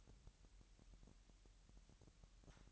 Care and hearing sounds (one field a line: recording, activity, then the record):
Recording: daily activity, microphone in the room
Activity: take from stove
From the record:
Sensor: 3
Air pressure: 1002.0 hPa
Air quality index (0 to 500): 249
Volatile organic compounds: 51 ppm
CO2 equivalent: 3309 ppm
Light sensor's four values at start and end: 6/15/6/6 and 6/15/6/6